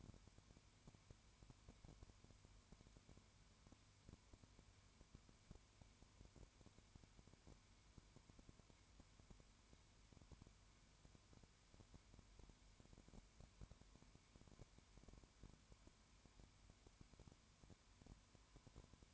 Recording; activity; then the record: daily activity, microphone in the room; no activity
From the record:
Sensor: 2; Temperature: 20.0 degrees Celsius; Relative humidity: 32.1%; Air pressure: 1001.1 hPa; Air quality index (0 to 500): 54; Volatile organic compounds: 1 ppm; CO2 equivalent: 601 ppm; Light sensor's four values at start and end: 2/3/2/2 and 2/3/2/2